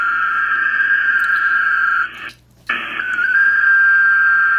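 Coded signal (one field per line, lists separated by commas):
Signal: HF data modem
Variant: ARDOP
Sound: buzzy data warble around 1.5 kHz, brief dropout, then a steady tone under hiss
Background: radio static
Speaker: nation is 273 miles for me we're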